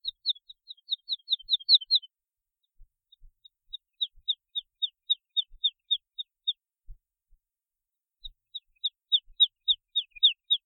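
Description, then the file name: Woodlark singing repeated phrases of liquid down-slurred notes, with a short pause between phrases; otherwise quiet. "trädlärka"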